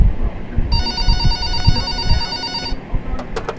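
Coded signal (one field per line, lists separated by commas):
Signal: none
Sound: a telephone ringing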